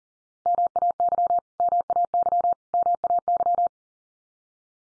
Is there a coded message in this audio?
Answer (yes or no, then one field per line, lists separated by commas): yes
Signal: Morse code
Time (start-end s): 0.5-3.7 s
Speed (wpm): 40 wpm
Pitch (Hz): 700 Hz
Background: none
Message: MAY MAY MAY